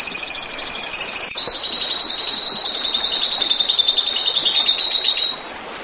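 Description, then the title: Oriental magpie-robin song: a long, rapid stream of high chattering notes that dips slightly in pitch early on, then stops abruptly, leaving faint background hiss. "Kicau Kacer"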